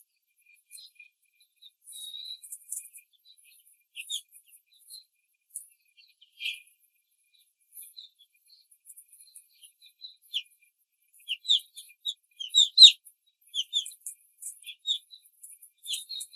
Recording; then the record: young laying hens in a cage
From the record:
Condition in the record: control cage, before the stress test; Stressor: none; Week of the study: 4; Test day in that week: 3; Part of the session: 2